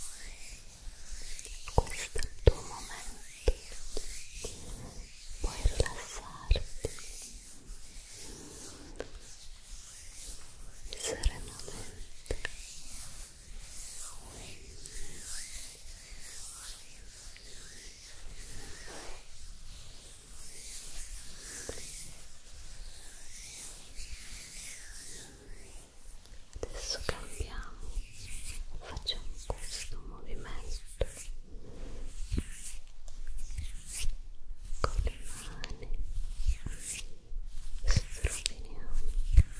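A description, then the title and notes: Hand sounds: dry rubbing and brushing of skin, a soft hiss that runs almost continuously, broken by quick taps and scuffs. After about 27 seconds the movements grow busier and a little louder, with rapid short strokes packed closely together. ASMR HAND SOUNDS and HAND MOVEMENTS.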